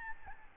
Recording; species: mosquito wingbeat signal from an infrared sensor; Aedes albopictus